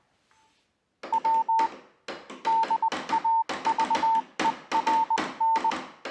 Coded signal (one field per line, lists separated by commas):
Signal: Morse code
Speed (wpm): 20 wpm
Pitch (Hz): 900 Hz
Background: none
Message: W DAVERN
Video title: A journey in time and geography along the north east Tasmanian Telegraphic network.